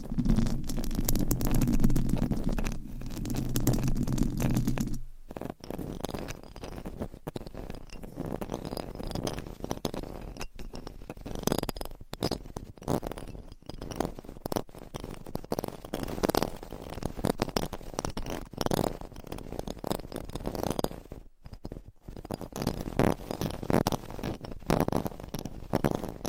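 Scratching on microphone covers with fingernails, a dense, steady rasping texture throughout. The first five seconds are louder, with a low humming rumble under the scratches; after that the scratching turns lighter and brighter, broken by brief pauses and occasional sharper strokes.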